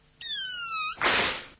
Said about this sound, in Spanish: Lo cierto es que tenemos un micrófono que estaba justo en el momento de la explosión y por el sonido vamos a ver si realmente fue muy grande o fue muy pequeño. Lo escuchamos.